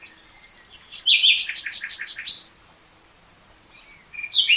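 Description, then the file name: Common nightingale song phrase: a sharp chirp leading into a quick run of repeated rattling notes, then a pause and another sharp note at the end. "Luscinia megarhynchos"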